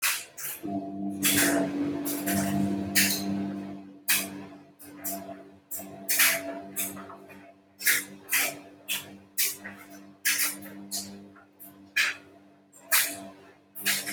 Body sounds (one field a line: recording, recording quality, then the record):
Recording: sustained vowel as in boot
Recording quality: moderate, slight background noise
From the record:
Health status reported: healthy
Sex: male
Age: 30 years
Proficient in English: yes